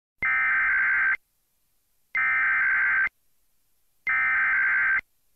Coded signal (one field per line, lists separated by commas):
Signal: Emergency Alert System (SAME) tones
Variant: header bursts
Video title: EAS Winter Storm Warning